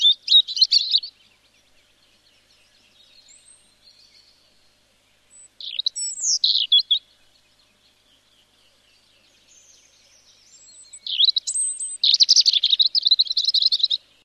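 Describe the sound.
European robin song: high, thin warbling phrases with sweeping whistles and rapid trills, separated by pauses of one to a few seconds, ending in a dense twittering burst.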